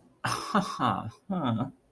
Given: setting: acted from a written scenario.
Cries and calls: vocal sound without words; realization

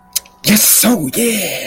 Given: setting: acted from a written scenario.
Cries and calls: vocal sound without words; triumph

